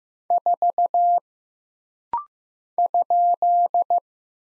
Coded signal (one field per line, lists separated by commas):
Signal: Morse code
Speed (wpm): 15 wpm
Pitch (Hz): 700 Hz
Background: none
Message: 4 ?